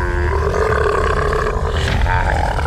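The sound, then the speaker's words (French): A dog growls aggressively in one continuous, loud, rumbling snarl, low and gritty with a harsh edge, holding steady for a few seconds with no voices. “Rappelle ton chien, en pied !”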